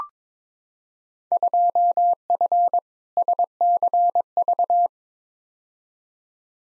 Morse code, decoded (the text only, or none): 2F SCV